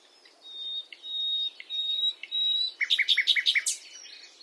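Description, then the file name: Common nightingale song opening with a series of long, pure, drawn-out whistles, then breaking into a quick burst of loud, rattling repeated notes. "Luscinia megarhynchos"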